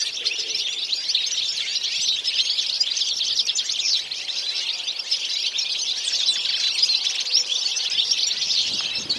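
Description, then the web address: Birds chirping constantly, a dense wash of shrill overlapping notes that never breaks, over a quiet background. "Deverinetal"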